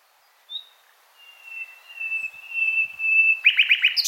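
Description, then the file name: Common nightingale song phrase: a brief high note, then a pure whistle held and swelling for about two seconds, breaking into a fast burst of sharp repeated notes. "Luscinia megarhynchos"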